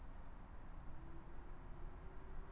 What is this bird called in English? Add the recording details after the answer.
Common Blackbird. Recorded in Germany. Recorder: ecoPi